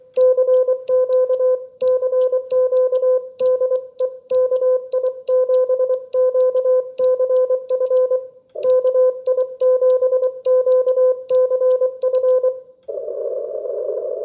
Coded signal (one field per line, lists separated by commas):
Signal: Morse code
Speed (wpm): 24 wpm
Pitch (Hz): 510 Hz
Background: none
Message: CQ CQ DE KI7QCF KI7QCF